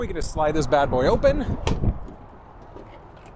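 Someone talks while the cargo door of a 2022 Ford Transit van is handled and slid open, with a brief sharp knock near 1.7 s before the sound fades to a low background hush. The door's hold-open latch on the van body has not clicked or seated yet.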